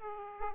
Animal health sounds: mosquito wingbeat signal from an infrared sensor; Aedes aegypti

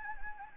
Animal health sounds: mosquito wingbeat signal from an infrared sensor; Anopheles gambiae

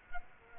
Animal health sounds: mosquito wingbeat signal from an infrared sensor; Culex quinquefasciatus

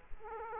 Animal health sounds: mosquito wingbeat signal from an infrared sensor; Aedes aegypti

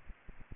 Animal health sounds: mosquito wingbeat signal from an infrared sensor; Aedes aegypti

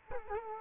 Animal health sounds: mosquito wingbeat signal from an infrared sensor; Culex quinquefasciatus

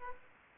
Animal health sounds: mosquito wingbeat signal from an infrared sensor; Aedes aegypti

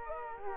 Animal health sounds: mosquito wingbeat signal from an infrared sensor; Culex quinquefasciatus

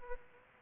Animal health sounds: mosquito wingbeat signal from an infrared sensor; Aedes aegypti

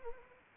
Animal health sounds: mosquito wingbeat signal from an infrared sensor; Anopheles arabiensis

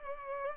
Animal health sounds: mosquito wingbeat signal from an infrared sensor; Culex pipiens

